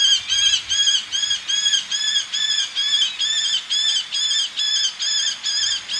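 Eleonora's falcon calling: a steady series of harsh, nasal, arched squeals, about two per second, evenly spaced throughout.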